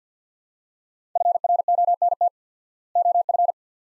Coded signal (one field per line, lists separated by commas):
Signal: Morse code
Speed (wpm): 45 wpm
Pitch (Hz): 700 Hz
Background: none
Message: FRONT OF